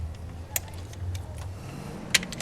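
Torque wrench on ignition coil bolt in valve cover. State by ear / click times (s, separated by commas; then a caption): torque reached / 2.2 s. A torque wrench set low tightens an ignition coil bolt into a freshly tapped aluminum valve cover over a steady low hum with faint ticking. A sharp click at 2.2 s confirms the wrench has reached its setting.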